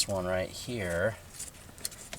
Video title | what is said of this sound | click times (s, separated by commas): 2000-2006 TOYOTA TUNDRA WINDOW REGULATOR / MOTOR REPLACEMENT - DIY | is like a little snap | 1.8 s